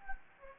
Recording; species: mosquito wingbeat signal from an infrared sensor; Anopheles gambiae